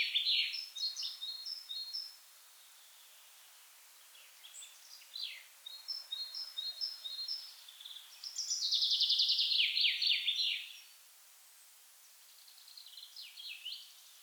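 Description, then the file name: Common chaffinch singing repeated phrases: high chips and short trills, a loud, rapid, rattling burst near the middle, then a softer closing phrase. "Fringilla coelebs"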